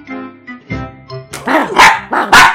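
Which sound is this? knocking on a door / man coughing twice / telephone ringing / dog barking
dog barking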